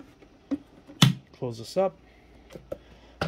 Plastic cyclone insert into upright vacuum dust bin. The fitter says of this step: it up with The Notches which we just happen to do on the first try and twist it to the right until it clicks